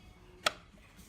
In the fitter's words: we can close the slide plate cover until it clicks